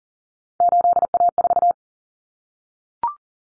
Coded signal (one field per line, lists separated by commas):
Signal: Morse code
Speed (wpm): 40 wpm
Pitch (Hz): 700 Hz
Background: none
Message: 8A4